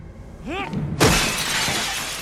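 A short vocal cry is followed by a sudden loud crash as a man washing his hands accidentally breaks a restroom mirror, its bright, hissing spray of shards lingering and slowly fading over the next second.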